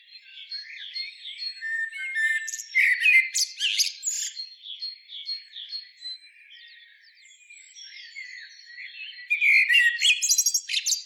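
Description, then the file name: Common blackbird gives harsh, clipped chattering calls in two loud bouts, one early and one near the end, with softer high chirps between. "Turdus merula"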